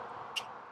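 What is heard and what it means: A hinged cargo-area floor cover over the accessory battery in a 2023-2026 Lexus UX is lowered and pressed back into the rear cargo area against a steady low background hum. A single short, sharp click lands at 0.4 s as the cover latches, and the panel is seated.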